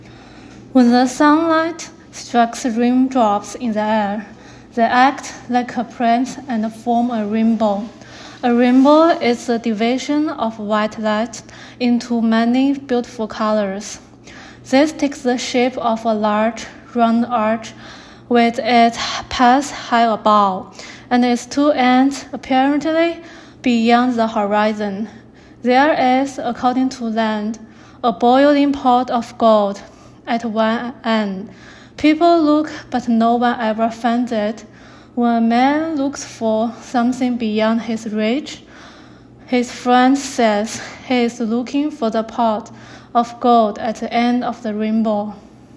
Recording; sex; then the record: reading aloud after running; female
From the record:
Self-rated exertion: moderate exertion (3 of 6); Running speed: 7 miles an hour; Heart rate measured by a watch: 151 beats a minute at the start, 135 at the end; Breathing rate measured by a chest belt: 15 breaths a minute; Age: 33 years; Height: 155 cm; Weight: 48 kg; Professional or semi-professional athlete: no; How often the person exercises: 3 to 5 times a week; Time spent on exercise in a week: under 1 hour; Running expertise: no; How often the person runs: under once a week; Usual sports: hiking, cycling